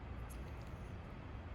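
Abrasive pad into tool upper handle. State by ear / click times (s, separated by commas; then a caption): not seated / none. A nut plate abrasive pad with two flats is lined up with the matching flats in the upper handle of a CR4 tool, ready to be snapped into place. Only a steady low rumble is heard throughout, with no distinct click, and nothing has seated or clicked yet.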